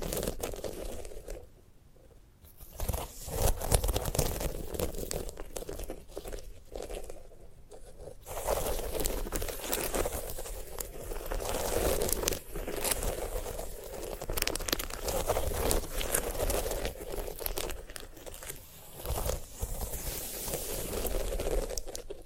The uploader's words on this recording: ASMR of a Sunflower Head (No Talking).